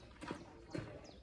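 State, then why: Not seated. A front luggage bag's frame is lowered toward the luggage mounting block on the head tube of a Brompton bicycle, with two soft, muffled knocks near 0.3 s and 0.8 s over low background noise. The bag has not clicked or seated onto the block yet.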